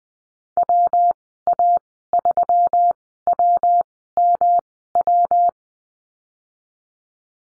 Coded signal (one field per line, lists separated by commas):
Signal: Morse code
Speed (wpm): 20 wpm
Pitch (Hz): 700 Hz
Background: none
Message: WA3WMW